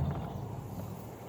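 The front of a kayak seat's 3/4 inch metal conduit frame bar, from a Bass Pro Ascend Elite seat, is being handled at a plastic paddle clip on the deck of a Hobie Outback kayak. Only a steady low rumble and background noise are heard, with no sharp click or snap. The bar has not snapped into the clip yet.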